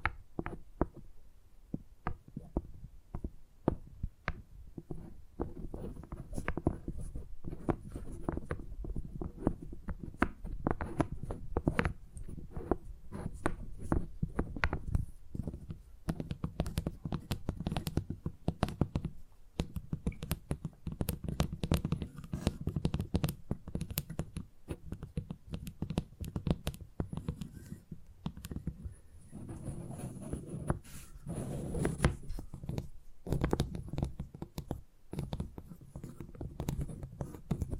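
Tingly tapping sounds run continuously, a dense, irregular patter of quick taps and soft scratchy touches. Most of the sound sits low and muffled, with occasional sharper clicks reaching higher, and the pace stays busy and fairly even throughout.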